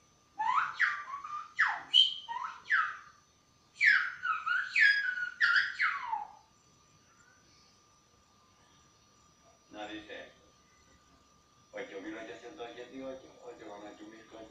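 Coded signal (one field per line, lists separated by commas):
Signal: whistled language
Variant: Silbo Gomero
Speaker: a ver cómo es tan bueno o el este voy a decir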